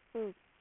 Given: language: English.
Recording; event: throat vibration sensor signal played as sound; speech